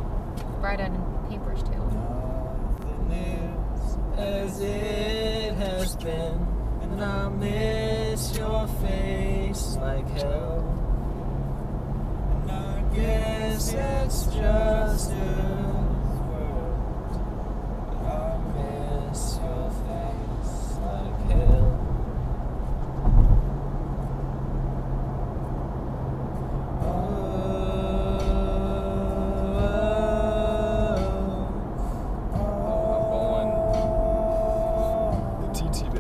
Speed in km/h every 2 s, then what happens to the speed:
76, 68, 64, 66, 71, 76, 82, 84, 85, 82, 84, 85, 87, 89, 89, 90, 85, 85.
0-4 slows to 64. 4-15 speeds up to 85. 15-36 steady at about 85.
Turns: none.